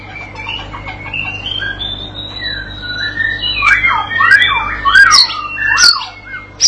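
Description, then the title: White-rumped shama song: soft thin whistles at first, then a series of louder sharp, varied notes and slurred phrases. Masteran pancingan: a tutor recording played to a young bird (paud) to get it singing actively (gacor) and answering straight away. "MURAI BATU PAUD BELAJAR GACOR, AJARI DENGAN MASTERAN PANCINGAN INI, PANCING LANGSUNG NYAUT"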